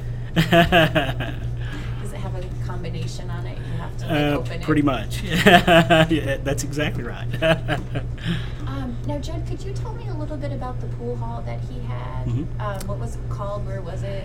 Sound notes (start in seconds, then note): 5.2 laughs; 7.3 laughs